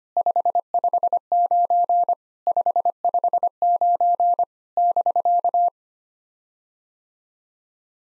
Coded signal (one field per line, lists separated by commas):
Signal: Morse code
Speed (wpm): 25 wpm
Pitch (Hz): 700 Hz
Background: none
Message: 559 559 <BK>